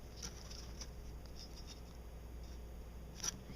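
A D2S xenon HID bulb is being lined up in the headlight housing mount of a 2002 Audi S4, with its small black channel being brought to the 12 o'clock position before the bulb is rotated to lock. Soft, faint handling patter and light ticks are heard over a low steady hum, with small sharp sounds near 0.8, 1.3 and 1.4 seconds. Nothing has seated or clicked yet.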